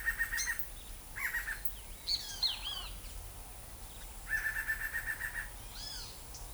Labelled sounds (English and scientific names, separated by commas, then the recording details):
Black-crested Antshrike (Sakesphorus canadensis), Great Kiskadee (Pitangus sulphuratus)
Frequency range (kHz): Black-crested Antshrike (Sakesphorus canadensis) 0.8-14.3 kHz; Great Kiskadee (Pitangus sulphuratus) 0.6-9.0 kHz
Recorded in forest near Pivijay, Magdalena, Colombia, on 2 June 2023 at 09:30
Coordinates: 10.467, -74.380
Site Z5-G034